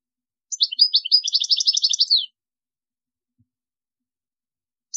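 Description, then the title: European goldfinch giving one quick phrase of bright, chattering twittering notes lasting under two seconds, then silence before another phrase just starts. "Chant Chardonneret"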